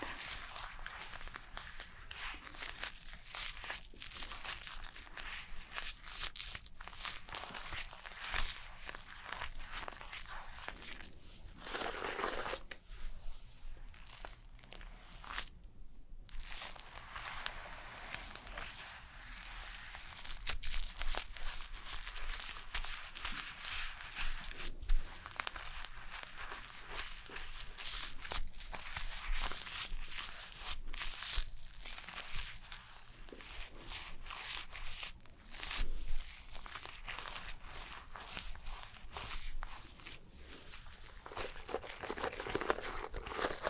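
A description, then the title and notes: Haircut and shaving sounds: a dense, steady stream of crisp crinkling and rustling close to the microphone, full of quick irregular clicks and snips. Brief louder brushing sweeps come around 12 and 16 seconds, and the texture grows somewhat busier after 20 seconds. ASMR SUPER Realistic Haircut and Shaving (Recorded Actual Sounds Layered) NO TALKING.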